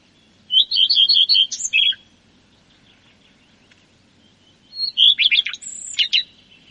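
Common redstart giving two song phrases a few seconds apart, each a run of rapid repeated notes ending in a varied, jangling flourish.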